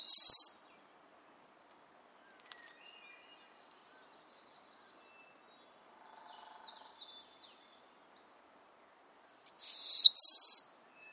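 Black-throated blue warbler: a clipped buzzy note at the start, then near-silence with a faint sound in the middle, then a short lead-in followed by two buzzy notes near the end.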